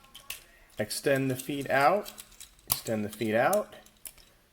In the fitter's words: pull them down here until it clicks